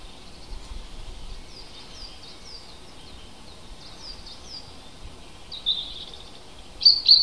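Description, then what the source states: Birds singing, thin high chirps and short slurred notes in a series, growing louder near the end over a soft background hiss. Native hedgerow birds recorded in April.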